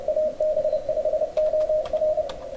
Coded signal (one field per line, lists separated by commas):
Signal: Morse code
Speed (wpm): 27 wpm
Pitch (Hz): 620 Hz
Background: radio noise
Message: AB5OR